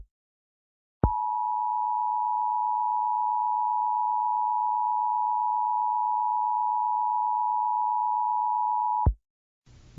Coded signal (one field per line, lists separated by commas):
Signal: Emergency Alert System (SAME) tones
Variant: 853 and 960 Hz attention tone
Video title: National EAS Test of 2016 [RECREATION]